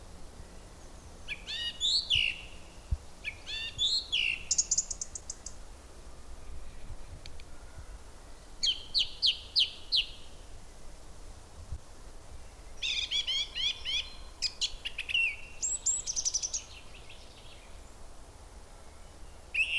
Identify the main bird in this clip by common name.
Song Thrush